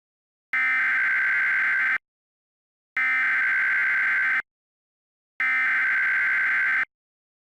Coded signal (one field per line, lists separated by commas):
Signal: Emergency Alert System (SAME) tones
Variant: header bursts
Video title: EAS | Flash Flood Emergency (4/18/2016)